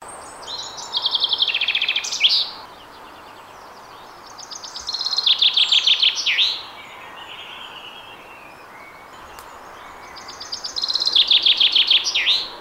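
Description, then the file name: Common chaffinch singing three times, roughly every four to five seconds; each phrase is a tumbling series of sharp notes that falls in pitch and closes with a brisk flourish. "Fringilla coelebs"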